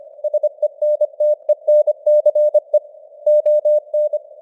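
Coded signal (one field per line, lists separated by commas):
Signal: Morse code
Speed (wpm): 25 wpm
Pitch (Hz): 600 Hz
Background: none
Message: SENTENCE ON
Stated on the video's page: Morse code news at 25 wpm with simulated radio noise and fading signal strength.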